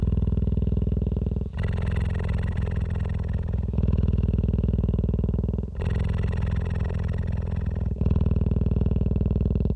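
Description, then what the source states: Cheetah purring, a deep fast-pulsed rumble alternating between two tones roughly every two seconds, with short dips between breaths. Adult cheetah.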